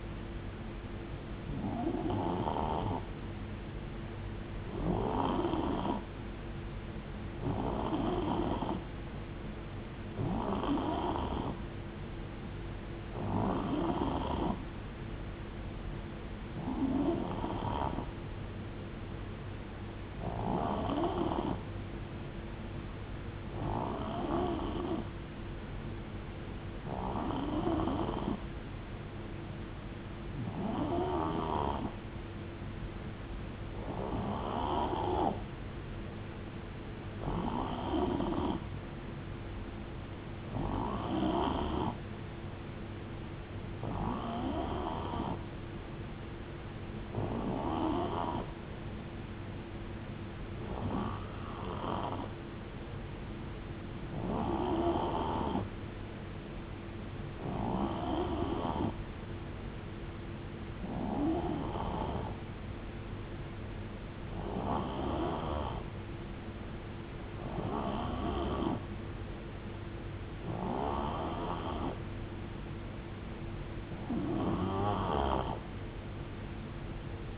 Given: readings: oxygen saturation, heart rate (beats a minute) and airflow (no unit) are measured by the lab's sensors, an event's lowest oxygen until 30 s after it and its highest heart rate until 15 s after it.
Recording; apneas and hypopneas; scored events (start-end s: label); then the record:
breathing in sleep by a voice recorder at the bedside; none
none scored
From the record:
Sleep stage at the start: N3 (deep sleep); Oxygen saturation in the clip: 89 to 91%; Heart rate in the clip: 62 to 78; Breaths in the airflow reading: 24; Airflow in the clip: -7.6 to 5.0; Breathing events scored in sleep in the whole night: 389 in 6.3 hours asleep